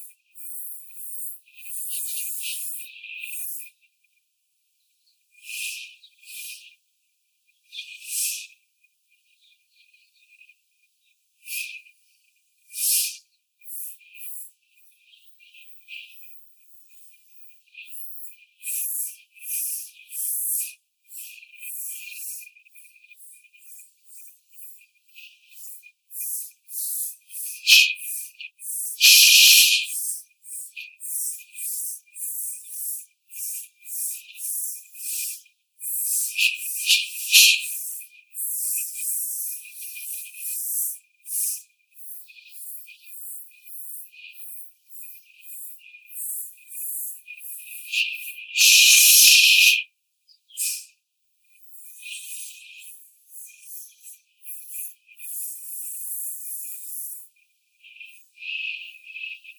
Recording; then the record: young laying hens in a cage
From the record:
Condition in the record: before the stressor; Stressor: simulated dog barking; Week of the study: 4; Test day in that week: 2